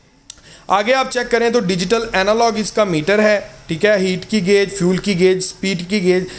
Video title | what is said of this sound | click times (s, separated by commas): King Of Trucks Mitsubishi Fuos Canter Fuso Truck Review 2024 Model | कर सकते हैं और यहां से आपका बाद में लॉक हो जाता है | 0.3 s